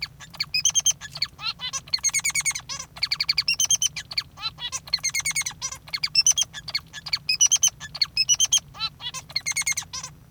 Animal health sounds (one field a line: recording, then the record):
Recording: song of a male Bengalese finch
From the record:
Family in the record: father 3